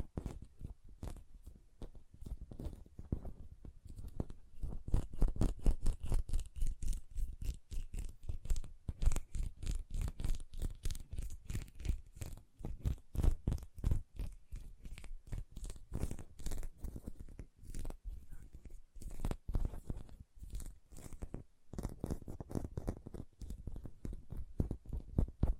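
Hand sounds with quick nail tapping and rubbing, a dense run of sharp, crisp clicks and scratches packed close together for the whole stretch. The pace varies, sometimes bunching into rapid bursts, with short quieter gaps around the middle and near the end.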